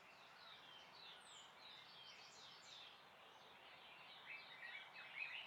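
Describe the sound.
A bird chorus of overlapping chirps and trills, fairly even, with a few louder, sharper notes near the end.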